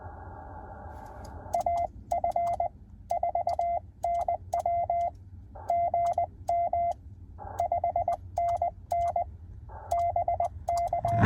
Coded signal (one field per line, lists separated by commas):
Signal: Morse code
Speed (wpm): 20 wpm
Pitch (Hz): 690 Hz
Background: radio noise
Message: AF4NW GM 5NN BK